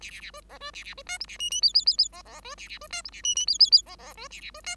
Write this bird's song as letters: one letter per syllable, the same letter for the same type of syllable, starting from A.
A A A B C B A A B D E A F F G G G G C C B A A B D E A F F G G G C C B A A B D